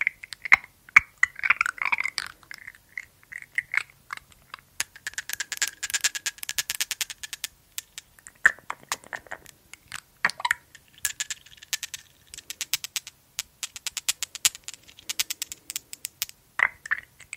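Glass dropper bottle and lid handled in a series of sharp clicks and taps, with brief bright glassy rings in the first few seconds and again near the end. Between about 5 and 16 seconds the ticks come in dense, rapid clusters, like fast rattling.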